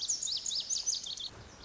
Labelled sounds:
Lazuli Bunting (Passerina amoena)
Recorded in Sonoma County, California

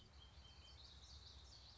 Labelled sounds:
Common Yellowthroat (Geothlypis trichas)
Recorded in Sonoma County, California

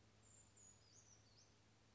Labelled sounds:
Brown Creeper (Certhia americana)
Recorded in Sonoma County, California

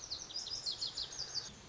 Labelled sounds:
Lazuli Bunting (Passerina amoena)
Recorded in Sonoma County, California

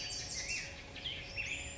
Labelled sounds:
Black-headed Grosbeak (Pheucticus melanocephalus)
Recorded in Sonoma County, California

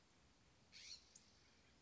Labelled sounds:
California Scrub-Jay (Aphelocoma californica)
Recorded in Sonoma County, California

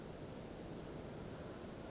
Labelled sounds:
Western Flycatcher (Empidonax difficilis)
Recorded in Sonoma County, California

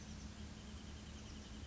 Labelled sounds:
Wrentit (Chamaea fasciata)
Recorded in Sonoma County, California

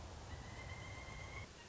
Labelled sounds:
Pileated Woodpecker (Dryocopus pileatus)
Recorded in Sonoma County, California

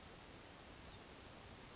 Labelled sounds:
California Towhee (Melozone crissalis)
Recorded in Sonoma County, California

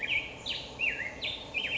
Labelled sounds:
Black-headed Grosbeak (Pheucticus melanocephalus)
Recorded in Sonoma County, California

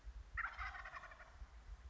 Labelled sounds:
Wild Turkey (Meleagris gallopavo)
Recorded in Sonoma County, California

